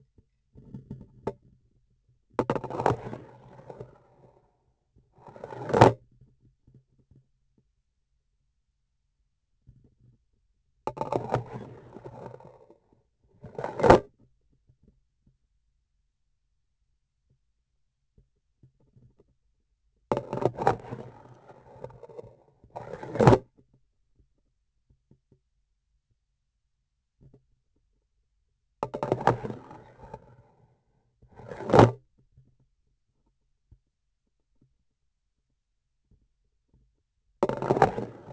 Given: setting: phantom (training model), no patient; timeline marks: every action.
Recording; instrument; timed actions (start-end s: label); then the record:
laparoscopic instrument, vibration sensor on the handle end; grasping forceps
2.32-4.86 s: insertion through the trocar
5.09-6.09 s: removal through the trocar
10.81-13.09 s: insertion through the trocar
13.21-14.12 s: removal through the trocar
20.06-22.49 s: insertion through the trocar
22.69-23.50 s: removal through the trocar
28.78-30.77 s: insertion through the trocar
31.20-32.03 s: removal through the trocar
37.38-38.33 s: insertion through the trocar
From the record:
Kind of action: spatial motion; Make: other than Olympus